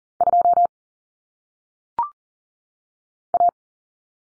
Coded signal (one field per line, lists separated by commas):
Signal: Morse code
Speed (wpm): 40 wpm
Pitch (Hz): 700 Hz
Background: none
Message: 2 A